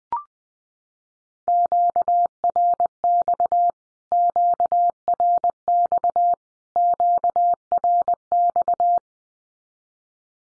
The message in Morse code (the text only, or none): QRX QRX QRX